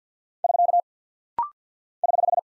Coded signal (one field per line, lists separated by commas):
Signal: Morse code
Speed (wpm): 50 wpm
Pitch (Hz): 700 Hz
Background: none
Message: <SK> <HH>